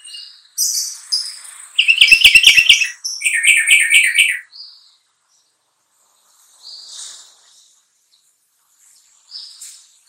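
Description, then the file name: Sooty-headed bulbul singing a rapid chattering sequence of sharp repeated notes lasting a few seconds, then a few faint isolated high chirps. Song style called trucukan. "suara kutilang trucukan"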